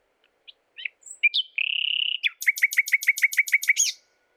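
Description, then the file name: Common nightingale song: a few soft notes, a sustained rapid buzzy trill, then a fast loud series of identical sharp notes. "Luscinia megarhynchos"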